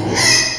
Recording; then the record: squeal of a Yucatan mini pig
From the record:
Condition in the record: before surgery on the right vocal fold (resection and tissue-engineered implant); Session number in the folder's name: 2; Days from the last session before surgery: 0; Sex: male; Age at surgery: 12 weeks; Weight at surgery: 13 kg